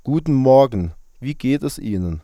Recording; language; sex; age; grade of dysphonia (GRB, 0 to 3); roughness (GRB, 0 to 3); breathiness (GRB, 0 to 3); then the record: spoken sentence; German; male; 30 to 39 years; 0; 0; 0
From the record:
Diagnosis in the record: healthy voice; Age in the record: 33 years